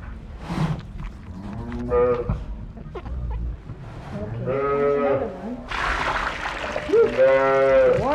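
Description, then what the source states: Sheep bleats, several rising-and-falling wavering calls spaced a few seconds apart, the last loud and long, with rustling and thumps between them. A lamb.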